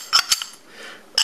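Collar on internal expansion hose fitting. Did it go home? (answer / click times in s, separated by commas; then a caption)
no / none. The collar on a faulty internal expansion hose fitting is pushed on but fails to lock into its groove, possibly because the gap isn't wide enough. Short metallic clinks and taps sound at about 0.2, 0.3, 0.4 and 1.2 seconds. Nothing has seated or clicked yet.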